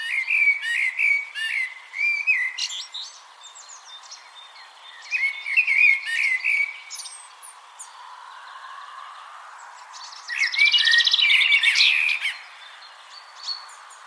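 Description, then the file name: Eurasian blackbird song in repeated phrases: low melodious whistles mixed with twittery squeaks, one phrase ending in a dense, scratchy high burst. "Turdus merula"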